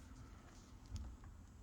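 The folding handlebar stem of a DYU C3 folding electric bike is lifted upward on its metal hinge on the e-bike frame, headed for locking upright. Faint handling noise sits over a low steady rumble, with a few brief soft ticks around 0.9, 1.0 and 1.2 seconds. The stem has not seated or clicked into place yet.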